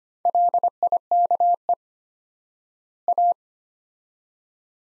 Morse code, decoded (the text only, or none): LIKE A